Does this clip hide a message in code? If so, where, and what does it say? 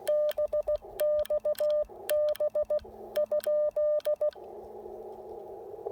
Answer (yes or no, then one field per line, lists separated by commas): yes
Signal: Morse code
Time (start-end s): 0.1-4.3 s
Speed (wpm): 16 wpm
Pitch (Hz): 600 Hz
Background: none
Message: BXB ?